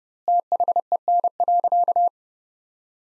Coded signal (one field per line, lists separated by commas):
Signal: Morse code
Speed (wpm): 32 wpm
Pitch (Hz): 700 Hz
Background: none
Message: THEN.